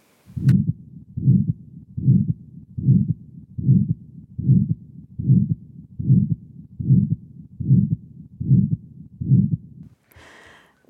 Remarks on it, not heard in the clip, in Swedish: Blåsljudet så som det låter vid en aortastenos. Är ett strävt systoliskt blåsljud. Det kan antingen vara tidigt i systole, men vid mera tätare stenos så är det senare i systole. Det hörs bäst över interkostalrum 2, alltså I2, på höger sida, alltså dexter. Men ljudet fortleds också mot hjärtapex och upp mot karotiderna. Det kan också vara svårt att höra andra tonen.